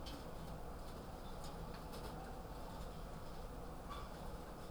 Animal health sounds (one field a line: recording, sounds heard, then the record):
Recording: poultry house recording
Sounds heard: sick chickens (respiratory disease)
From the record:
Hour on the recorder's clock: 22